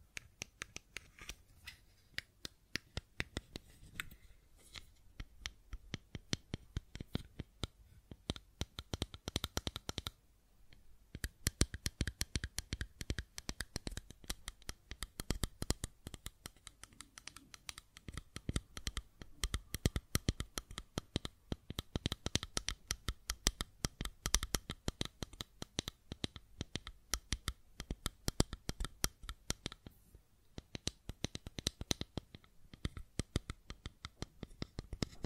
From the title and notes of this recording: ASMR Fidget Cube Tapping and Clicking Sounds (No Talking).